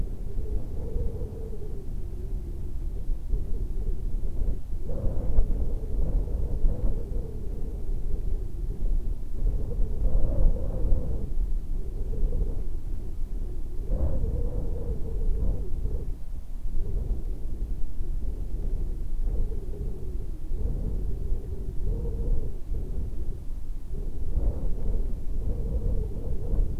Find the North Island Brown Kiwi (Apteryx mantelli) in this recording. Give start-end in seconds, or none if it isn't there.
none